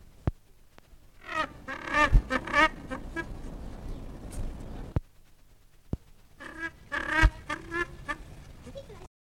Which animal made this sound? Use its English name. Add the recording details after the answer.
Southern Rockhopper Penguin. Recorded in captivity. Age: adult. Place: Zoo Berlin, Berlin, DE. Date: 1959-01-23 15:00. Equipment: Reporter, Vollspur. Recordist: Tembrock, Günter. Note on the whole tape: Rufreihe (Kopfsenken, Kopfhochreißen, Kopfschütteln)